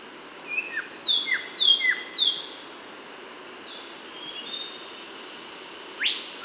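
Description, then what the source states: Bornean whistler giving a series of descending whistles, a quiet stretch, then more soft notes and a single rising sweep, with a steady insect hum behind. Kalimantan.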